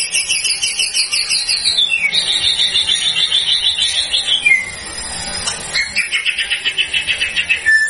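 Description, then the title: White-rumped shama song: rapid, buzzy trilled phrases repeated in quick runs, shifting pitch between phrases with a short pause midway. Lure recording of a constantly singing bird, used to provoke a response from other white-rumped shamas. "PANCINGAN MURAI BATU GACOR"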